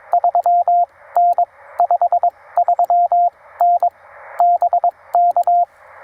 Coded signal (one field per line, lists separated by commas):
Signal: Morse code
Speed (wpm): 18 wpm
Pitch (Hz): 690 Hz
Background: radio noise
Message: 3 N 5 3 N BK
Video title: Minimal Antenna for Maximum Results: POTA with Two 31’ Wires at Carolina Beach State Park!